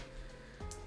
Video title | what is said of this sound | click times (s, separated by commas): Creating a new art Journal , Chit Chat , Craft & Charity Shop haul | which just clicks down, clicks into place, | 0.7 s